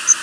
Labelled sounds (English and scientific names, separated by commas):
Yellow Warbler (Setophaga petechia) flight call